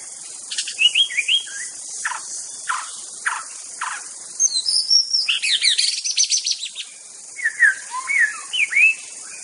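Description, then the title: White-rumped shama song: varied whistled phrases and rapid slurred notes, some sliding down, others buzzy and high, delivered in bursts over a steady insect hiss. Wild bird recorded in forest. "Suara burung murai batu asli hutan"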